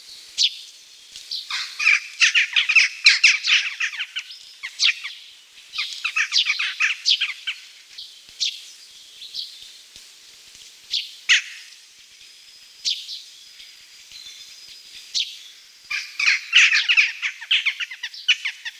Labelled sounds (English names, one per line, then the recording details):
Western Jackdaw song
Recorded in the wild
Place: Oberrotweil am Kaiserstuhl, Baden-Württemberg, DE
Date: 1979-03-25
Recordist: Schwarz, Dieter